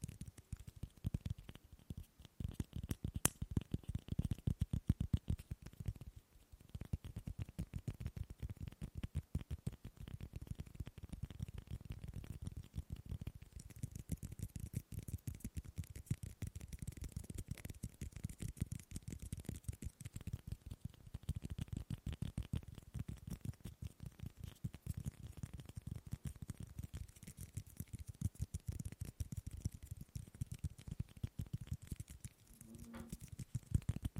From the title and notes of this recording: ASMR Fast & Slow Tapping on 6 Objects No Talking.